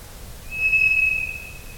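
Ground thrush song, one long pure even whistle held for under a second over a steady background hiss.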